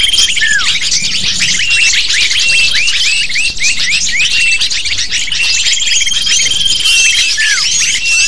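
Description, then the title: Dense lovebird chatter of high, sharp chirps and short downward squeaks from many birds, unbroken across the whole stretch. Lure sound used to attract lovebirds. "PIKAT BURUNG LOVEBIRD"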